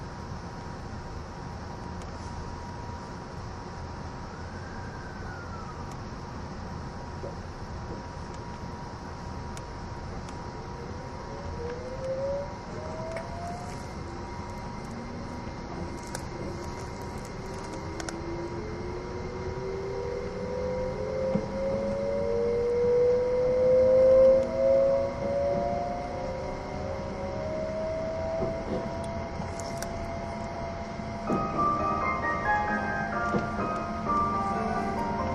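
The E261 series Saphir Odoriko train passes, its motor whine rising in pitch from about ten seconds and growing louder toward the middle. A steady tone hums underneath throughout, and from around thirty seconds a stepped, chime-like pattern of tones joins the train's noise.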